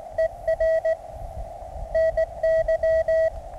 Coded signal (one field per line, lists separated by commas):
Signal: Morse code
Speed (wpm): 18 wpm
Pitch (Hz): 650 Hz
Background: radio noise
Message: ER NY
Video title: Ultimate QRP ~ Mountain Topper MTR 3B Radio ~ Resonant Antenna ~ 9 Volts